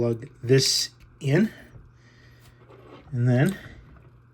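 Someone talks while handling plastic spear and shield pieces from a DNA Design DK-69R Max Sword Upgrade Kit, plugging a weapon piece into another weapon piece or into an action figure's hand. Only speech and faint handling noise are heard. Nothing has seated or clicked into place yet.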